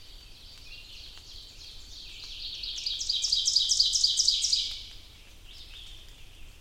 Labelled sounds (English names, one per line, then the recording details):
Ovenbird song
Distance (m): 30 m
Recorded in boreal forest in Alberta, Canada, on 2 June 2016 at 06:33
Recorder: SongMeter 3, array SBT-3-7
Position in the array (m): 49 m, 148 m
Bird 4